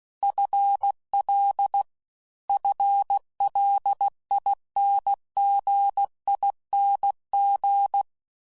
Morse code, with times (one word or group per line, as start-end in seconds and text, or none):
0.2-1.8 FL
2.5-8.0 FLINGING